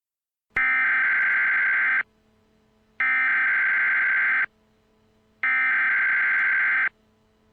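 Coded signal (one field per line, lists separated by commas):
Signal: Emergency Alert System (SAME) tones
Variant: header bursts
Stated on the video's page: Fictional EAS scenario recreation about the moon on a collision course with Earth.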